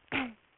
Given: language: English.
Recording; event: throat vibration sensor signal played as sound; throat clearing